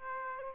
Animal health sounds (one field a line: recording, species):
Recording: mosquito wingbeat signal from an infrared sensor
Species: Aedes aegypti